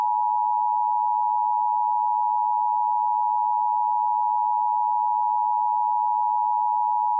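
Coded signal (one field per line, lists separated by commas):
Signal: Emergency Alert System (SAME) tones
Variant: 853 and 960 Hz attention tone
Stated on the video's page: Remake of a real tornado warning Emergency Alert System broadcast in Broadcast Message Handler style, a recreation rather than live.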